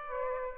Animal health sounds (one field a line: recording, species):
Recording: mosquito wingbeat signal from an infrared sensor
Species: Aedes aegypti